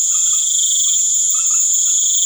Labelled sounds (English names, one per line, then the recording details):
none
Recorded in pastures near Puerto Asís, Putumayo, Colombia, on 28 February 2025 at 19:30
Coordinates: 0.505, -76.324
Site GP08